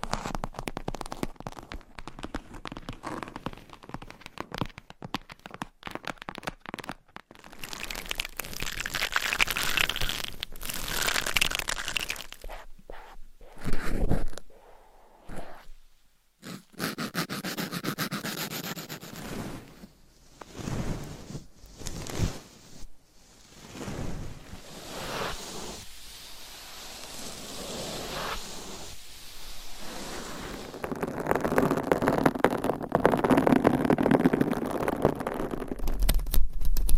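Scratching, tapping and massage sounds run through a busy, irregular stretch, with bursts of rough rubbing broken by short silences, most often in the first twenty seconds. Later the scratching becomes steadier and denser, growing brighter and louder toward the end.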